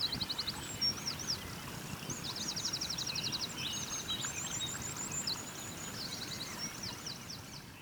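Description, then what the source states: Birds singing: fast repeated high trills and chattering phrases over a steady low background noise. Birds singing beside a small river.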